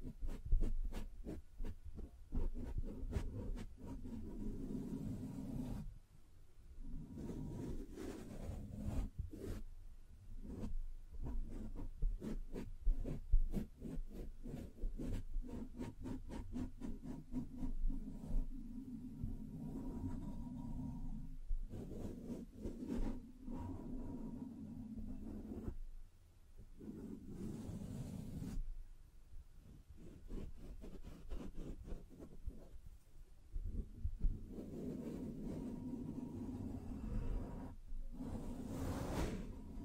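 Scratching, tracing and tapping sounds run through a dense, low, rubbing texture, with quick sharp taps and scrapes scattered throughout. Brief pauses break the activity around 6, 26 and 35 seconds before the busy scratching resumes.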